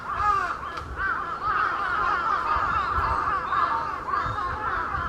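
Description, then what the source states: Large-billed crow cawing almost continuously in hoarse calls with no clear gaps. Recorded on 22 July 2021.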